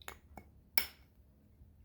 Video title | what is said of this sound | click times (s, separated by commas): First Impressions of 9 PM Rebel from Afnan | very nice clicking sound. | 0.8 s